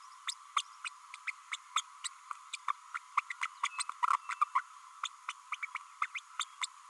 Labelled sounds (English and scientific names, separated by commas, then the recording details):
Green-rumped Parrotlet (Forpus passerinus) babbling
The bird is a female
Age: 30 days
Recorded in a nest box in Venezuela
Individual 17B32A5